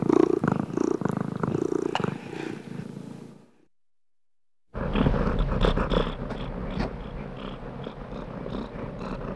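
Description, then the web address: Domestic cat purring in a rough, loud rumble, cut by a brief silent gap, then continuing with a throbbing, uneven texture. Contented domestic cat purring while being petted. "cat purring and meowing animal purring contented animal x purring being petted animal"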